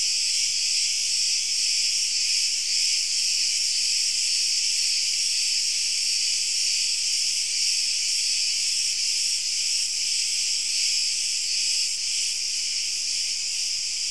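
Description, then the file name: Crickets chirping in a dense, continuous high-pitched chorus, a steady shimmering trill with faint regular pulsing and no other sounds. "Grillen"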